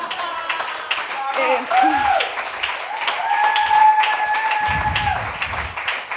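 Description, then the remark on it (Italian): An audience at a comedy night applauds a performer's finished piece steadily for about six seconds, a dense crackle of many hands clapping, with a few sustained voice-like tones rising over it partway through. “Infatti facevo bene a sospettare, perché per una donna in PMS un applauso potrebbe anche essere l'espressione di un complotto, cioè un gesto che avete concordato tra di voi passandovi un bigliettino di mano in mano,”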